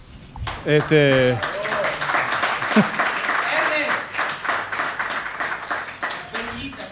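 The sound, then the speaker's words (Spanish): A crowd breaks into steady, dense applause after a loud vocal shout, the clapping holding a continuous rustling texture with voices mixed in throughout. “Sí, vamos a prestar el ventilador para todos ustedes ante el aplauso.”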